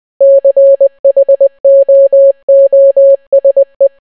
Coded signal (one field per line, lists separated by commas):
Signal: Morse code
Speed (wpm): 20 wpm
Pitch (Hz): 550 Hz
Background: none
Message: CHOOSE